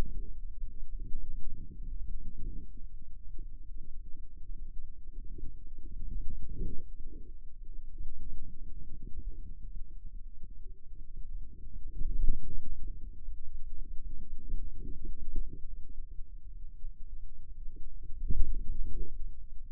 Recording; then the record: forearm muscle sounds (acoustic myography)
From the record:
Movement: radial deviation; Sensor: system 2, bracelet of six BSWA MPA416 microphones around the upper forearm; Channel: 5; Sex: female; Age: 25 years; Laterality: right